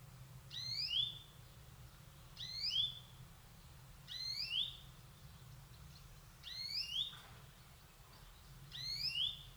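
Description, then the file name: European greenfinch calls: a rising wheezy call, each with two upward sweeps, repeated five times about every two seconds. "Chloris chloris"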